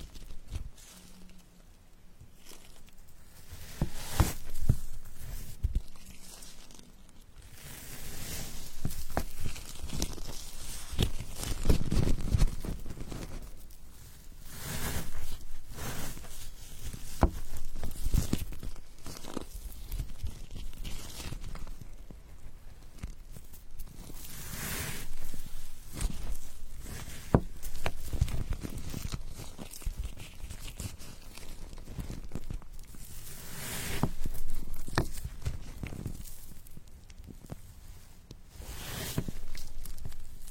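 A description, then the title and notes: Someone cuts cheesecake with irregular scraping and soft tearing strokes that come in short bursts every second or two, some louder and longer than others. A faint low hum sits under the first few seconds, and quieter rustling fills the gaps. Cutting cheesecake.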